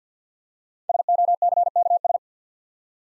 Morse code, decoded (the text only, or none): SOCKS